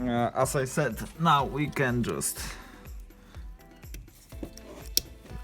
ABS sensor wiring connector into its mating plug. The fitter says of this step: it we hear we heard a click so that is sign that it's